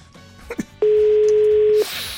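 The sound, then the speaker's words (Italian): A telephone rings on the radio show La Zanzara with a single steady, mid-pitched electronic tone lasting about a second, loud and alone, after a few faint clicks and rustles. “Quando squilla il telefono dalla zanzara può succedere di tutto”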